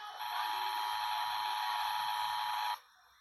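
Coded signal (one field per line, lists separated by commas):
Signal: Emergency Alert System (SAME) tones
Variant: 853 and 960 Hz attention tone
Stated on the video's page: Statewide Required Monthly Tests taken from TV stations during a snowstorm; imperfect sound quality with some background noise.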